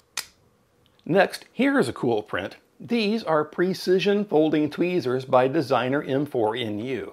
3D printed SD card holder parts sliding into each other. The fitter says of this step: the whole assembly slides together snapping into place with a satisfying click